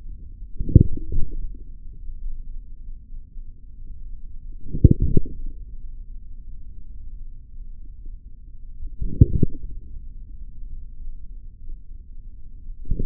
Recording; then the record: forearm muscle sounds (acoustic myography)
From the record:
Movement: forearm pronation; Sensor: system 3, bracelet of six PUI Audio POM-2738L microphones around the upper forearm, with dedicated amplification and filtering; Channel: 1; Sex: male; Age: 43 years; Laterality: right